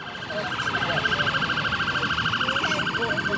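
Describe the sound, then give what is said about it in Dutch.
Police car sirens blare as police cars speed past at the busy Parliament Square junction in Westminster, in a fast, high-pitched warbling pulse that holds steady and loud throughout, over a low rumble of street traffic. “Politiewagens vliegen ons voorbij.”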